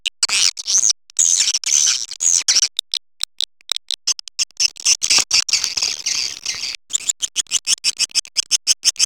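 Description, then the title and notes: Swiftlet chirping calls, high twittering chatter with thin whistles, breaking into rapid pulses that settle into a fast, even series of short chirps. Swiftlet farming sound, Asia. "Swiflet Bird Sound. Farming Swiflet Bird asia sound"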